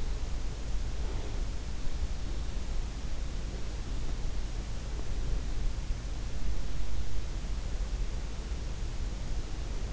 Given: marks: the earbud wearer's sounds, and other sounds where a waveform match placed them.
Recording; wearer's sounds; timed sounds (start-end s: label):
sounds in sleep by an in-ear microphone; breath
0.00-1.65 s: breath